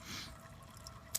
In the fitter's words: snaps in place whenever you are ready to